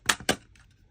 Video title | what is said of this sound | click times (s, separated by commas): Installing Magblock Limiter in USGI magazines by MagazineBlocks.com | you want to hear it lock in place | 0.1 s, 0.3 s